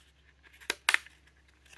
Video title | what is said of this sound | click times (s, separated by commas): Christmas gift from Mom, part 5 | do you hear that snap together sort | 0.9 s